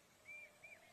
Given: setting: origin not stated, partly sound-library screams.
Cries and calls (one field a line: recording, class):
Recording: one-second piece from a danger detection set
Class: normal situation